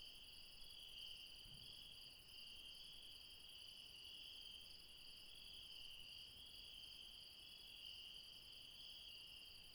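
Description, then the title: Steady high insect trilling, several overlapping pulsing bands, clean and continuous with little else audible. Late night in the mountains at Refuge Krevatia, Barbala, Dion, Greece. "Refuge Krevatia, Μπαρμπαλά, Dion 601 00, Greece - Late night mountain insects"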